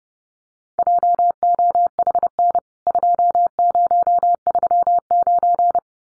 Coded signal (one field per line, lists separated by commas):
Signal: Morse code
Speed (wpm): 30 wpm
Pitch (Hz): 700 Hz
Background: none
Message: JOHN 2039